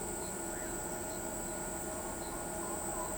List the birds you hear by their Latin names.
none